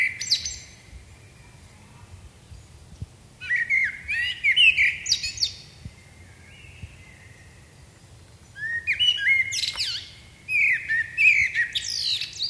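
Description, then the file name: Common blackbird song: the tail of one phrase, then two fluty warbled phrases, each breaking into high squeaky twittering, separated by a short pause. "Turdus merula"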